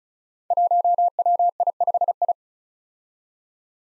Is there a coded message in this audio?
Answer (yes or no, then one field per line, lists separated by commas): yes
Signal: Morse code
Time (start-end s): 0.5-2.3 s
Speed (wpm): 36 wpm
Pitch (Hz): 700 Hz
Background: none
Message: 1WI5I